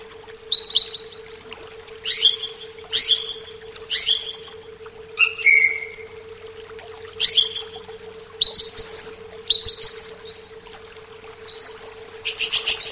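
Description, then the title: Oriental magpie-robin song, bright whistled notes and sharp chirps in separate bursts with pauses, one long descending whistle in the middle, over a constant low hum. "Kicau Kacer"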